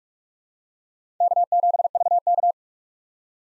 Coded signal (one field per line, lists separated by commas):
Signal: Morse code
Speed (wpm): 46 wpm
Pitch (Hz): 700 Hz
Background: none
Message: K7VK